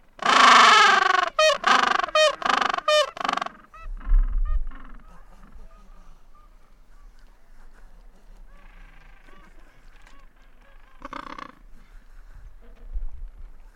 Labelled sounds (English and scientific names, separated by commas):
Gentoo Penguin (Pygoscelis papua) call